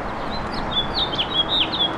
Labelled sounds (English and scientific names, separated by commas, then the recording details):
House Finch (Haemorhous mexicanus) song
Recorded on Long Island, New York, on 8 May 2012
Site VS
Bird D